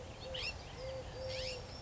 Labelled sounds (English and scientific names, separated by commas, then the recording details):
California Scrub-Jay (Aphelocoma californica)
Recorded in Sonoma County, California